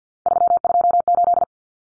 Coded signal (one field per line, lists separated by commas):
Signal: Morse code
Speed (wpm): 50 wpm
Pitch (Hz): 700 Hz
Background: none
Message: 328